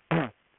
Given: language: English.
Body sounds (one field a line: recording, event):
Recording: throat vibration sensor signal played as sound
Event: throat clearing